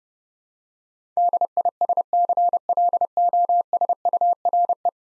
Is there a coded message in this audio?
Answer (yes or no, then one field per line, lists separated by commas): yes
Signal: Morse code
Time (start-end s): 1.2-4.9 s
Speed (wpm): 30 wpm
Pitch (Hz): 700 Hz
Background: none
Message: DISCLOSURE